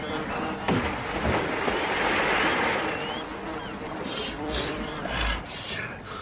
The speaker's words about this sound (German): Aber das Lachen verging ihm, als der Wespenschwarm jetzt auf ihn zuschwirrte.